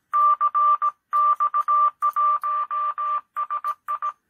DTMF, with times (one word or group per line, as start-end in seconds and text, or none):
none